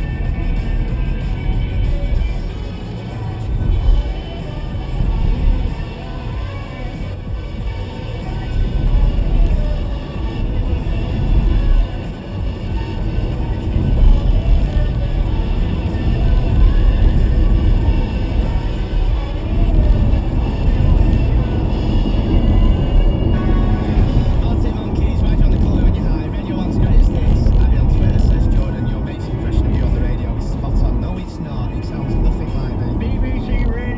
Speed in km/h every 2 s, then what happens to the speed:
45, 45, 48, 52, 58, 56, 60, 63, 68, 72, 81, 81, 77, 72, 72, 71, 71.
0-8 speeds up to 58. 8-13 steady at about 58. 13-20 speeds up to 81. 20-26 slows to 72. 26-34 steady at about 71.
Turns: none.